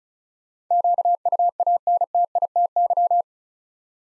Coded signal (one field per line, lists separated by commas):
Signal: Morse code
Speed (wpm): 36 wpm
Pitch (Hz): 700 Hz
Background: none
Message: QUANTITY